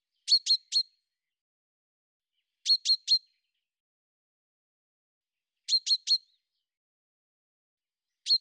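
Bird call: groups of three fast, high chirps repeating every two to three seconds in otherwise quiet surroundings.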